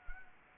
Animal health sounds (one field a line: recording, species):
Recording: mosquito wingbeat signal from an infrared sensor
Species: Anopheles arabiensis